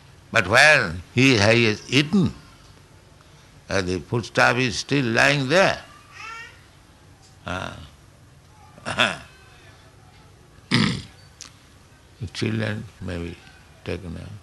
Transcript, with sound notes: but when He has eaten? The foodstuff is still lying there." [children making noise] The children may be taken